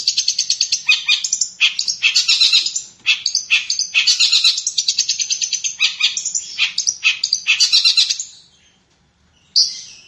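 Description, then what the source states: Long-tailed shrike singing a rapid, harsh, warbling chatter of high notes for about eight seconds, then falling silent before one final short burst. Combination song style.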